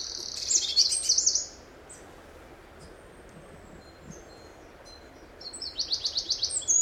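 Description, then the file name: Eurasian wren song, a loud burst of rapid high trilling, then a quiet gap with faint notes, and a second pulsed trill at the close. "Troglodytes troglodytes"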